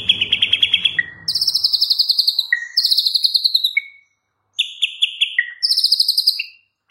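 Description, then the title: White-rumped shama song of repeated buzzy chattering trills alternating with short clear whistles, in bursts with brief pauses. Training song, full rolling and shooting song style. "Masteran Murai Batu Full Ngerol Nembak"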